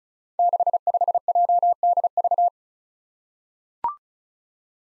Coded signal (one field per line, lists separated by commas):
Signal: Morse code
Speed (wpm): 36 wpm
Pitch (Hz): 700 Hz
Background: none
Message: 65JDV